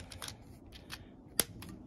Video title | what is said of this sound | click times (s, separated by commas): ‘10 Benjamin Marauder .22 cal - overview & 50 yd silhouettes | get it clicked in there and I like it shows you | 1.4 s